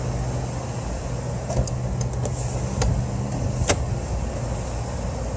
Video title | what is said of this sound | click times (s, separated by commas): 2019 Cayenne s | also you have to fold these down all the way in they click in place so | 3.7 s